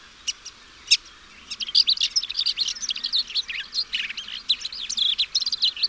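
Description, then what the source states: Bird song of a few separate sharp notes, then a dense, busy stream of quick twittering and chirping phrases that runs to the end. Chirping bird song meant for training pet birds.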